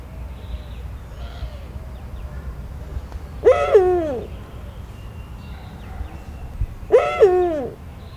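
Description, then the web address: Eurasian eagle-owl giving two matching descending, harmonic calls roughly three and a half seconds apart, over a low hum with faint background sounds. Captive bird at a zoo in Szeged, recorded in 2011. "uhu"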